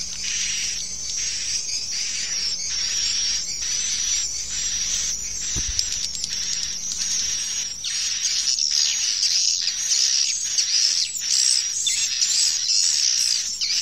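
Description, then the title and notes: Swiftlet chirping calls, a dense flock of high, buzzy twitters in rapid pulsing bursts, with a thin whistled tone running steadily above. Recorded in connection with swiftlet farming in Asia. "Swiflet Bird Sound. Farming Swiflet Bird asia sound"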